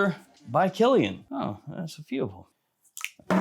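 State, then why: Released. Someone talks, then the snap-on, blade-handle-shaped cap of a perfume bottle pops off at 3.0 seconds as the bottle is held by the cap. The cap snaps into place but not very snugly, so holding the bottle that way makes it come off. A short sharp pop is followed by a louder burst of sound.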